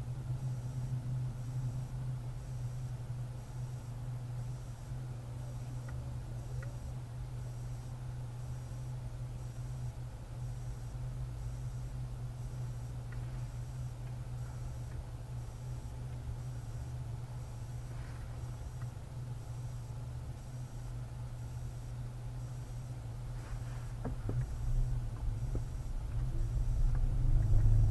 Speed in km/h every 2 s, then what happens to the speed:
0, 0, 0, 0, 0, 0, 0, 0, 0, 0, 0, 0, 0, 3.
0-25 standing.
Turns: none.